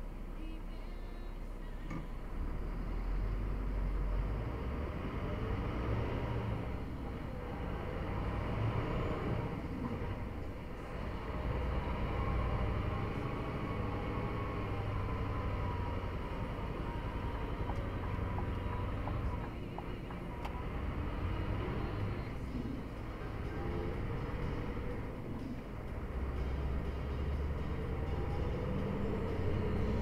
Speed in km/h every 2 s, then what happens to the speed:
1, 4, 6, 8, 6, 10, 10, 11, 9, 12, 18, 25, 28, 34, 37.
0-6 pulls away to 8. 6-17 steady at about 9. 17-30 speeds up to 37.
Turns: none.